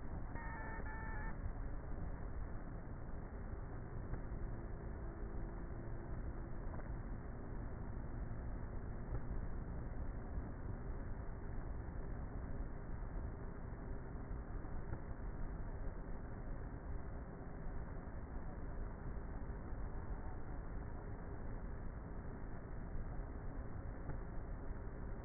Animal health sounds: honeybee colony, microphone inside the hive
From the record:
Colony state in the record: queenless with a low population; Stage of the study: before two queens were removed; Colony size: about 30,000 bees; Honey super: no

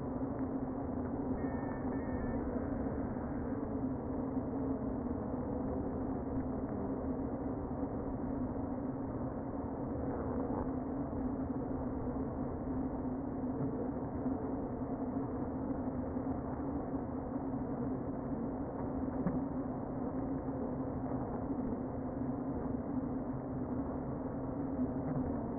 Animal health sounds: honeybee colony, microphone inside the hive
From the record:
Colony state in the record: queen present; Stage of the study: before two queens were removed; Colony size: about 60,000 bees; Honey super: yes

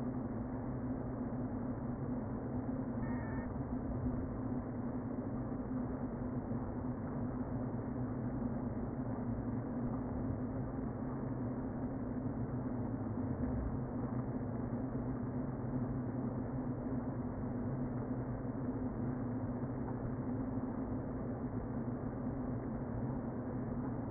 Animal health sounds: honeybee colony, microphone inside the hive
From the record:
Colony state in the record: queen present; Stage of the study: before two queens were removed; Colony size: about 60,000 bees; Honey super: yes

